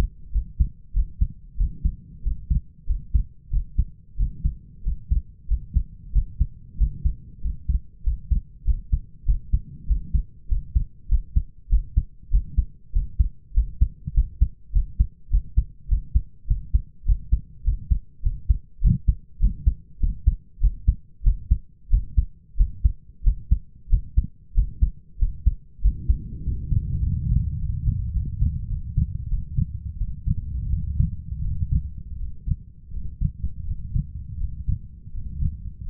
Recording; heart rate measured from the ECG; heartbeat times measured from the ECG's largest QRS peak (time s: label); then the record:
heart sounds by stethoscope; 95 bpm
0.32 s: heartbeat
0.93 s: heartbeat
1.57 s: heartbeat
2.23 s: heartbeat
2.86 s: heartbeat
3.50 s: heartbeat
4.17 s: heartbeat
4.83 s: heartbeat
5.48 s: heartbeat
6.12 s: heartbeat
6.77 s: heartbeat
7.41 s: heartbeat
8.03 s: heartbeat
8.64 s: heartbeat
9.25 s: heartbeat
9.87 s: heartbeat
10.48 s: heartbeat
11.08 s: heartbeat
11.69 s: heartbeat
12.30 s: heartbeat
12.92 s: heartbeat
13.53 s: heartbeat
14.14 s: heartbeat
14.72 s: heartbeat
15.30 s: heartbeat
15.88 s: heartbeat
16.47 s: heartbeat
17.05 s: heartbeat
17.64 s: heartbeat
18.22 s: heartbeat
18.80 s: heartbeat
19.39 s: heartbeat
19.99 s: heartbeat
20.60 s: heartbeat
21.23 s: heartbeat
21.90 s: heartbeat
22.57 s: heartbeat
23.23 s: heartbeat
23.89 s: heartbeat
24.54 s: heartbeat
25.18 s: heartbeat
25.81 s: heartbeat
26.43 s: heartbeat
27.03 s: heartbeat
27.59 s: heartbeat
28.13 s: heartbeat
28.69 s: heartbeat
29.29 s: heartbeat
29.98 s: heartbeat
30.70 s: heartbeat
31.43 s: heartbeat
32.18 s: heartbeat
32.92 s: heartbeat
33.66 s: heartbeat
34.39 s: heartbeat
35.12 s: heartbeat
35.85 s: heartbeat
From the record:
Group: healthy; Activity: rest 0-25 s, breath hold 25-36 s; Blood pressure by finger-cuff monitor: 103/61 mmHg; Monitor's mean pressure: 73 mmHg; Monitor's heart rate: 94 bpm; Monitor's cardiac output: 6.7 L/min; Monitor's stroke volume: 71 mL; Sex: male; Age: 22 years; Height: 181 cm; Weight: 60 kg